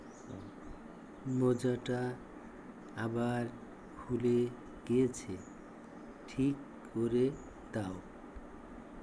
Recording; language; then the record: elicited speech; Bengali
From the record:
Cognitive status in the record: dementia